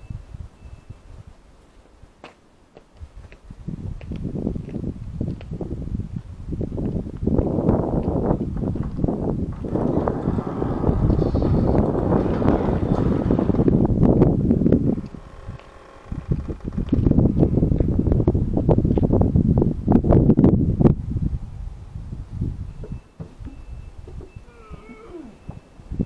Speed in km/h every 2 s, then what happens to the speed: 0, 0, 0, 0, 0, 0, 0, 0, 0, 0, 0, 0, 0.
0-26 standing.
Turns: none.